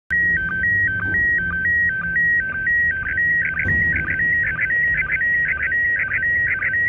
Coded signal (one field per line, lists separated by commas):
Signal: SSTV (slow-scan television)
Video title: sstv from iss quick and dirty